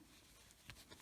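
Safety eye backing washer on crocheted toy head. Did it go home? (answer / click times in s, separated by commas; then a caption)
yes / 0.7 s. A plastic backing washer is pushed onto the post of a safety eye (or joint) through the crocheted head of a toy cow. Over a low background hush, a faint tick comes at 0.5 s, then a sharp click at 0.7 s as the washer seats, with a softer click near 0.9 s.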